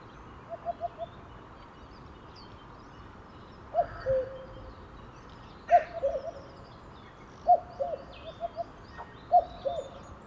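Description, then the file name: Cuckoo calling a clear two-note cu-coo, the second note lower, repeated about every two seconds, with faint songbird chatter higher up. "minutes of cuckoos"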